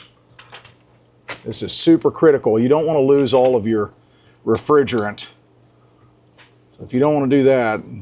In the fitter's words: or the user manual tells us and we're just we're just waiting for that little click